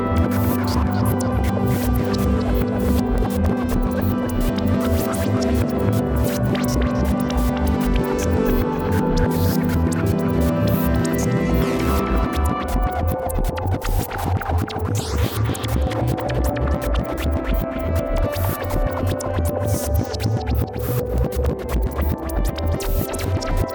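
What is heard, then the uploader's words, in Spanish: A soundscape recalling the sounds of old video game consoles: dense, buzzy electronic tones with stacked low pulsing layers and a steady, fast rhythmic chatter. Around twelve seconds the texture shifts, the low drones change pitch and bright gliding squeals sweep through. Un paisaje sonoro que remite a los sonidos de las consolas viejas de videojuegos.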